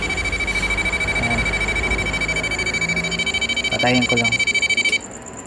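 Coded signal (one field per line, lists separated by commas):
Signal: beep code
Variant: Gigabyte motherboard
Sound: fast, continuous, high-pitched beeping, about eleven beeps a second, stopping abruptly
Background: brief voice, room noise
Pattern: continuous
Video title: GA-f2a68hm-s1 beep sound no display 100% jumper 3.3v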